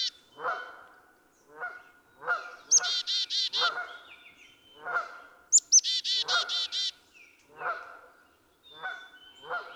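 Black-capped chickadee giving chick-a-dee calls: high sharp notes, then a run of buzzy, harsh dee notes, twice. Steady, lower nasal notes from another caller repeat throughout.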